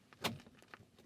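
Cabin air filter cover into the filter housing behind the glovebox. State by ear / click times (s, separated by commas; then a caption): seated / 0.2 s. A cabin air filter cover is pushed into the filter housing behind the glovebox after the filter has been slid into its cavity. A sharp plastic click at 0.3 s marks the tabs clipping into place, surrounded by a few quieter taps and rattles. The cover is seated.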